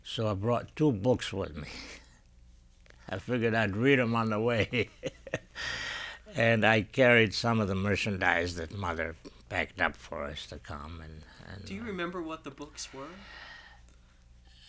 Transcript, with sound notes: So I brought two books with me. I figured I'd read them on the way. ( he laughs ) And I carried some of the merchandise that Mother packed up for us to come.
Do you remember what the books were?